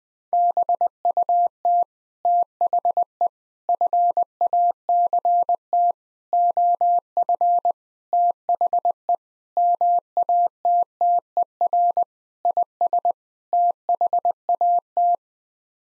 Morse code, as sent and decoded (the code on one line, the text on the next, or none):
-... ..- - / - .... . / ..-. .- -.-. - / --- ..-. / - .... . / -- .- - - . .-. / .. ... / - .... .- -
BUT THE FACT OF THE MATTER IS THAT